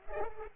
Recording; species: mosquito wingbeat signal from an infrared sensor; Culex pipiens